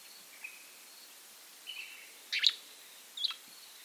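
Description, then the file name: Gray flycatcher calls: two sharp, short chips about a second apart, with faint, thin notes in the background. "American Grey Flycatcher Empidonax wrightii"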